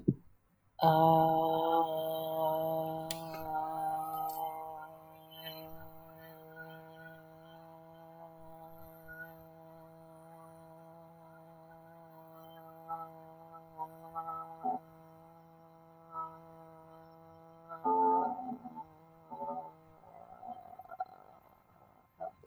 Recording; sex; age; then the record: vowel held as long as possible; female; 30 to 39 years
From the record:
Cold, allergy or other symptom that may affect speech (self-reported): yes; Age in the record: 32 years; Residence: Washington, United States